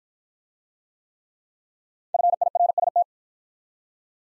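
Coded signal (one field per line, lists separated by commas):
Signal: Morse code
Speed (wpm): 48 wpm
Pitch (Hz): 700 Hz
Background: none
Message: FIRST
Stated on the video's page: Speed-Racing Morse practice of the top 300 words, starting fast and slowing to a 35 wpm base; fastest speed is 1.5 times the slowest, final repeat at maximum.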